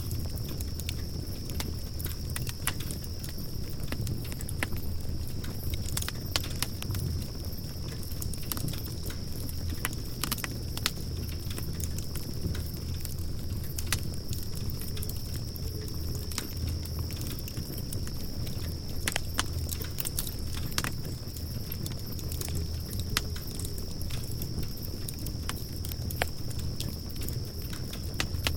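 A campfire crackles with frequent sharp pops over a low rumble, while crickets keep up a steady high trill throughout.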